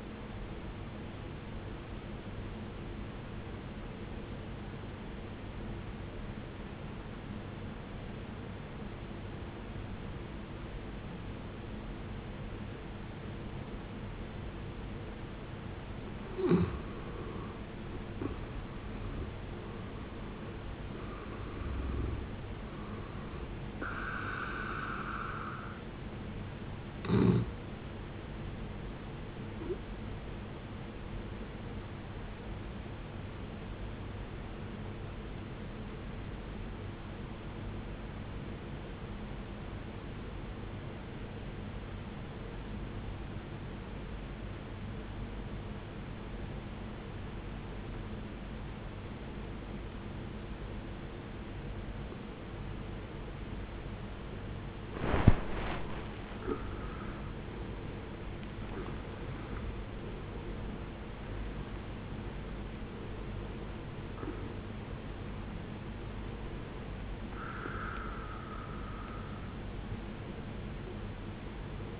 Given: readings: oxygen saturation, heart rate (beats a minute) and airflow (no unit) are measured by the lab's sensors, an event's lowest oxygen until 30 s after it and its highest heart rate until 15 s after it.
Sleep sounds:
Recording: breathing in sleep by a voice recorder at the bedside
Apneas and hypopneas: 2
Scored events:
1.00-61.00 s: new sleep stage, N2 (light sleep)
3.00-17.80 s: obstructive apnea (N2, oxygen 95% highest, then 82% lowest, heart rate 62 at the start, 71 highest)
36.00-55.50 s: obstructive apnea (N2, oxygen 94% highest, then 76% lowest, heart rate 55 at the start, 76 highest)
61.00-72.00 s: new sleep stage, N1 (lightest sleep)
From the record:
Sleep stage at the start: N1 (lightest sleep)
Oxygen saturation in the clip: 74 to 95%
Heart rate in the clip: 54 to 76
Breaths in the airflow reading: 9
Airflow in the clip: -13.6 to 16.0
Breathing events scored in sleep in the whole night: 389 in 6.3 hours asleep

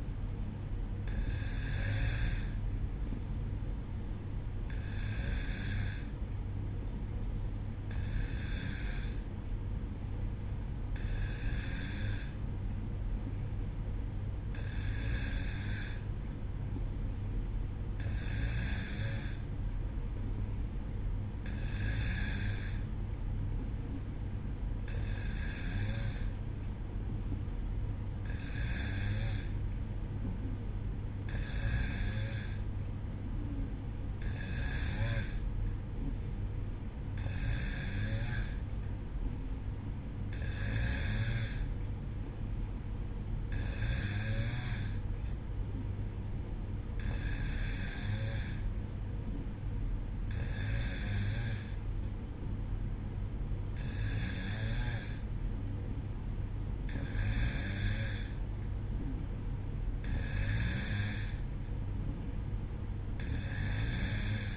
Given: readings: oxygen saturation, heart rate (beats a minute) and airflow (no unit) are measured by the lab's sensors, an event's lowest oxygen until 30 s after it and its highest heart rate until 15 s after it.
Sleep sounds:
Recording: breathing in sleep by a smartphone at the bedside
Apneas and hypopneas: none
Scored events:
none scored
From the record:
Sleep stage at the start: N2 (light sleep)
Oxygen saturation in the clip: 92 to 93%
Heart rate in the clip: 59 to 64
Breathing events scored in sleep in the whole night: 305 in 9.6 hours asleep

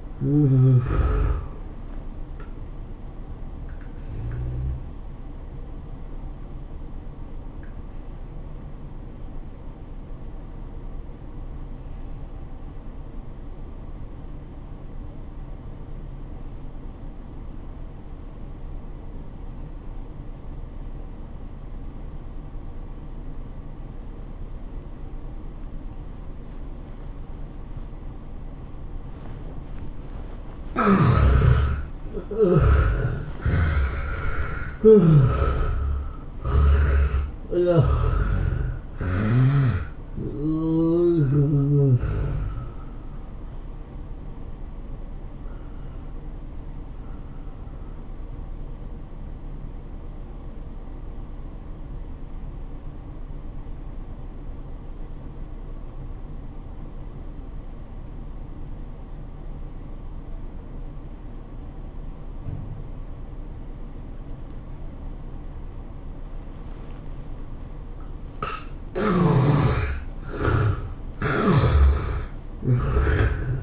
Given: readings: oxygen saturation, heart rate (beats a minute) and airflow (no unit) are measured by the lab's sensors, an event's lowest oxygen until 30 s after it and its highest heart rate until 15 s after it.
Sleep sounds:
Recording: breathing in sleep by a smartphone at the bedside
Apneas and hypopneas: 2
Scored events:
5.00-31.20 s: hypopnea (N1, oxygen 95% highest, then 68% lowest, heart rate 102 at the start, 108 highest)
49.00-69.20 s: obstructive apnea (N1, oxygen 94% highest, then 74% lowest, heart rate 93 at the start, 102 highest)
51.00-73.63 s: new sleep stage, N2 (light sleep)
From the record:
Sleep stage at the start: N1 (lightest sleep)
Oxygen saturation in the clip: 68 to 95%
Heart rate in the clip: 80 to 108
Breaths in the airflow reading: 7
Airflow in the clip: -19.1 to 14.3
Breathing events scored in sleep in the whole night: 403 in 5.5 hours asleep

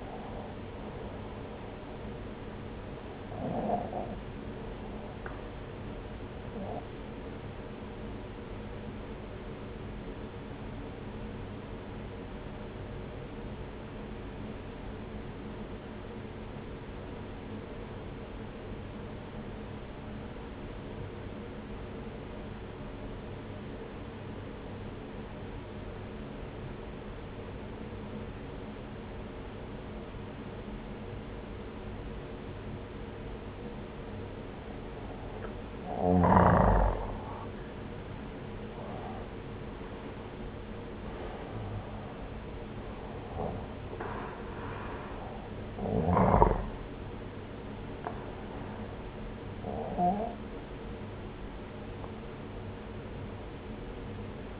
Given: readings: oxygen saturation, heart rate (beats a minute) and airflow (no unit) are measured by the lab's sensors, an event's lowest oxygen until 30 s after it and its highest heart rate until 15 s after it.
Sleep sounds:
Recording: breathing in sleep by a voice recorder at the bedside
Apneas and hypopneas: 1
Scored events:
8.00-36.30 s: obstructive apnea (N1, oxygen 95% highest, then 87% lowest)
18.00-48.00 s: new sleep stage, N2 (light sleep)
48.00-54.60 s: new sleep stage, N1 (lightest sleep)
From the record:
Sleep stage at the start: N1 (lightest sleep)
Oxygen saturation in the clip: 86 to 95%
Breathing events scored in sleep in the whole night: 303 in 8.1 hours asleep

